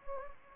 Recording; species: mosquito wingbeat signal from an infrared sensor; Anopheles gambiae